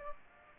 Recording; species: mosquito wingbeat signal from an infrared sensor; Aedes aegypti